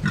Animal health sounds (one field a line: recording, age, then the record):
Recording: pig call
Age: growing-finishing pig (85 days or more)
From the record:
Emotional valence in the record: positive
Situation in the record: run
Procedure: transit